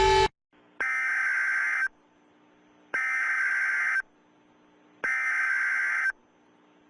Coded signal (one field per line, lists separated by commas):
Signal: Emergency Alert System (SAME) tones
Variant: header bursts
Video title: EAS Alarms From EVERY Country In The World